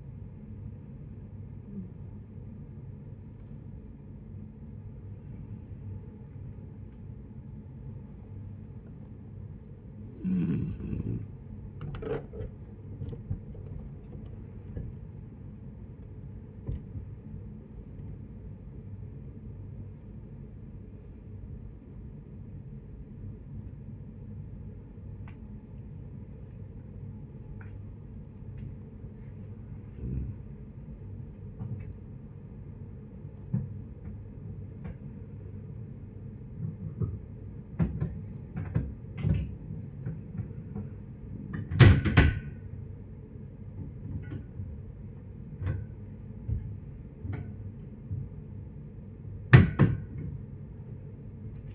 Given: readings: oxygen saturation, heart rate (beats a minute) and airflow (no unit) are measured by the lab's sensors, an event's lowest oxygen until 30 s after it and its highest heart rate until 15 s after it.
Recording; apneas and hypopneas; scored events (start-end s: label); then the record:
breathing in sleep by a smartphone at the bedside; 1
4.00-18.50 s: hypopnea (N1, oxygen 97% highest, then 94% lowest, heart rate 65 at the start, 67 highest)
From the record:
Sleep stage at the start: N1 (lightest sleep); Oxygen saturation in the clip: 89 to 97%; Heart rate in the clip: 58 to 71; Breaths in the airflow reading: 11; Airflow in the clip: -8.8 to 9.9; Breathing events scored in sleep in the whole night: 496 in 5.4 hours asleep